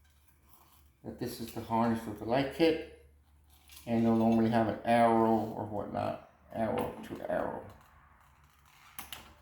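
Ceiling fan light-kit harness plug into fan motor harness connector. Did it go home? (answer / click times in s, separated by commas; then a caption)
yes / 9.0 s, 9.1 s. Someone talks while holding the light-kit wiring harness plug of a Hampton Bay 52-inch LED indoor ceiling fan, lining it up arrow to arrow with the fan motor's mating plastic harness connector. The plug is pushed in, and two sharp mechanical clicks at 9.0 and 9.1 seconds mark the connector snapping together and seating.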